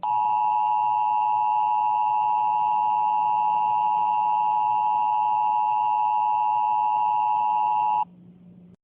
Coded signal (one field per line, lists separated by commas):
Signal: Emergency Alert System (SAME) tones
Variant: 853 and 960 Hz attention tone